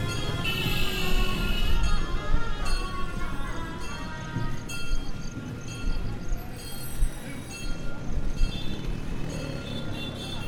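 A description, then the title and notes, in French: A crowded street bustles with steady rumbling engines, overlapping voices, bright horn toots and clatter, dense and continuous throughout, with occasional louder bursts. Bénarès, Vârânasî ou cité de Shiva, une des villes les plus sacrées d’Inde ! Ca grouille de vie, de bruits, carambolages de sonorités, ….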